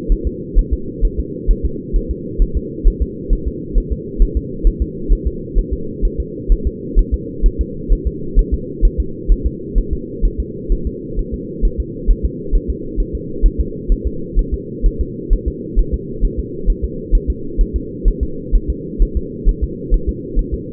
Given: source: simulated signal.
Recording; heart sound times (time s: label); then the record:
fetal heart sounds
0.12 s: S1
0.27 s: S2
0.59 s: S1
0.73 s: S2
1.05 s: S1
1.19 s: S2
1.51 s: S1
1.65 s: S2
1.96 s: S1
2.11 s: S2
2.42 s: S1
2.57 s: S2
2.88 s: S1
3.02 s: S2
3.33 s: S1
3.47 s: S2
3.78 s: S1
3.92 s: S2
4.22 s: S1
4.37 s: S2
4.67 s: S1
4.82 s: S2
5.13 s: S1
5.27 s: S2
5.59 s: S1
5.73 s: S2
6.05 s: S1
6.20 s: S2
6.52 s: S1
6.67 s: S2
6.99 s: S1
7.14 s: S2
7.46 s: S1
7.61 s: S2
7.92 s: S1
8.07 s: S2
8.39 s: S1
8.54 s: S2
8.85 s: S1
9.00 s: S2
9.32 s: S1
9.46 s: S2
9.78 s: S1
9.93 s: S2
10.25 s: S1
10.40 s: S2
10.72 s: S1
10.87 s: S2
11.19 s: S1
11.34 s: S2
11.65 s: S1
11.80 s: S2
12.11 s: S1
12.25 s: S2
12.55 s: S1
12.70 s: S2
13.00 s: S1
13.15 s: S2
13.46 s: S1
13.60 s: S2
13.92 s: S1
14.07 s: S2
14.39 s: S1
14.54 s: S2
14.86 s: S1
15.01 s: S2
15.33 s: S1
15.48 s: S2
15.79 s: S1
15.94 s: S2
16.25 s: S1
16.39 s: S2
16.70 s: S1
16.84 s: S2
17.15 s: S1
17.30 s: S2
17.61 s: S1
17.76 s: S2
18.08 s: S1
18.23 s: S2
18.55 s: S1
18.70 s: S2
19.02 s: S1
19.17 s: S2
19.49 s: S1
19.64 s: S2
19.94 s: S1
20.09 s: S2
20.39 s: S1
20.54 s: S2
From the record:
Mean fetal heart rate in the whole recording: 130 bpm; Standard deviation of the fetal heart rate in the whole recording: 4 bpm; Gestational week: 38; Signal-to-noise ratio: -4.3 dB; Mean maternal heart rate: 72 bpm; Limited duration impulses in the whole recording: absent